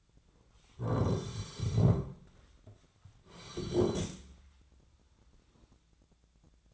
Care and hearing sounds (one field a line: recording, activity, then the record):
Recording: daily activity, microphone in the room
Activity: sit down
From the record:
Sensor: 3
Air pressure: 1009.2 hPa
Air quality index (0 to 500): 182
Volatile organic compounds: 3 ppm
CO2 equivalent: 1471 ppm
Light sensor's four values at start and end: 40/102/46/47 and 52/133/58/59